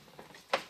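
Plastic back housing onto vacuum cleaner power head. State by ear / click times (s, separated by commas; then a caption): seated / 0.5 s. A plastic back housing is lined up and popped onto a vacuum cleaner power head, and it seats with one sharp click at 0.5 s. A faint softer tap comes just before it at about 0.2 s, and the housing is then clicked on in place.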